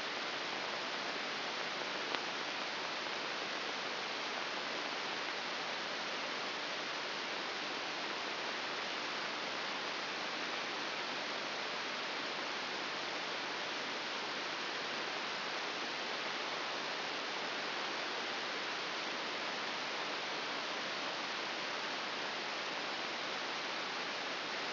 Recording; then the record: brain microelectrode recording played as sound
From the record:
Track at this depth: inside the subthalamic nucleus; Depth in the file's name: 5.601 mm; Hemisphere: right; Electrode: 3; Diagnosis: Parkinson's disease